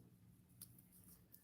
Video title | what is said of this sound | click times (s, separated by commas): BleuLand Creations by Connie is live! | See, I heard a click. | 0.6 s